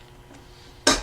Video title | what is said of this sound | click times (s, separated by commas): Aprilia Gen1 2001-2003 Mille And 2002-2005 Tuono Headlight and Headlight Bulb Change | just click the you'll hear it click when it goes in there and | 0.9 s